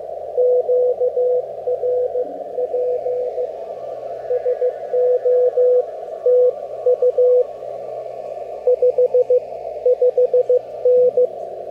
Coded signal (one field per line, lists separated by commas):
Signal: Morse code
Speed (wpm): 15 wpm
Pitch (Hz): 530 Hz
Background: radio noise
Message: QRP SO TU 55N